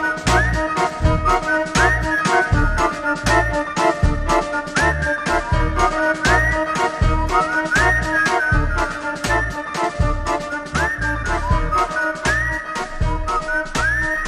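A whistled melody rides over a full band accompaniment with a steady beat, repeating short phrases that swoop upward in pitch every couple of seconds, with no voices heard.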